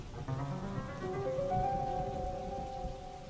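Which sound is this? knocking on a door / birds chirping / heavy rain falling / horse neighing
heavy rain falling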